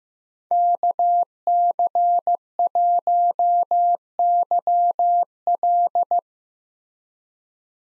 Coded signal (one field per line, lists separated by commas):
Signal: Morse code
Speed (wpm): 15 wpm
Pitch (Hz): 700 Hz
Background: none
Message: KC1YL